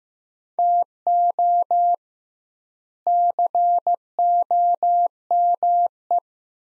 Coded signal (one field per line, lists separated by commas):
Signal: Morse code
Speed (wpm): 15 wpm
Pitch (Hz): 700 Hz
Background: none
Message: TO COME